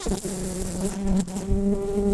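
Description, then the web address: Brown-banded carder bee gives a continuous low, steady droning buzz that wavers slightly in loudness, over a rough background hiss and faint knocks. Workers. "Humilis workers"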